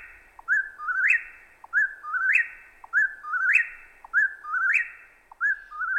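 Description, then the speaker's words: Eastern Whip-poor-will song: a clear whistled three-part phrase rising sharply at the end, each preceded by a soft click, repeated steadily about every 1.2 seconds. Played-back recording of the song. "I'm going to try to play this whippoorwill song. Hopefully you guys can hear this."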